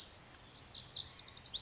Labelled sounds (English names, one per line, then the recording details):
Lazuli Bunting
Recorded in Sonoma County, California